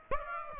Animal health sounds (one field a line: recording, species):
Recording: mosquito wingbeat signal from an infrared sensor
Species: Aedes aegypti